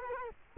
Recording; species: mosquito wingbeat signal from an infrared sensor; Culex quinquefasciatus